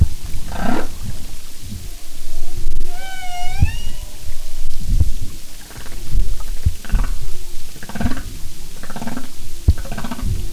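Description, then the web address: Humpback whale song: a rough pulse, then a wavering high harmonic cry, then a run of rough pulsed grunts repeated about every second, over low underwater noise. "Sound and Marine Mammals humpback"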